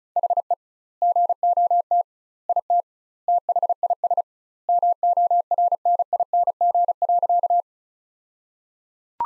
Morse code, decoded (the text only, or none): HE GOT IT THIS MORNING.